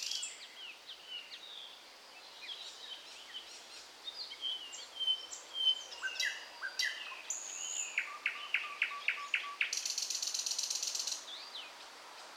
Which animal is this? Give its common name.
Thrush Nightingale